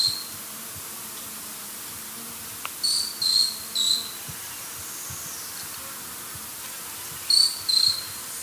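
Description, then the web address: Short-tailed pygmy tyrant giving high, cricket-like chips, a quick run of three notes and later a pair, with a faint click before them. South America, eastern lowlands. "Natures Songs S America Eastern Lowlands. Myiornis ecaudatus, calls or song"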